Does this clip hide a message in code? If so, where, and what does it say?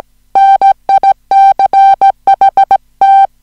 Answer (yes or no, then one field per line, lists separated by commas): yes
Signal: Morse code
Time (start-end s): 0.4-3.2 s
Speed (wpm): 17 wpm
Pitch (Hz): 780 Hz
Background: music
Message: NICHT